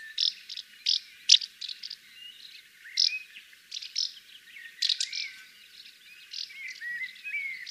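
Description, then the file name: Common house martin twittering song, short dry chirps and soft rising chirrups in irregular bursts, several sharper notes spaced throughout. "Canto da Andorinha dos Beirais"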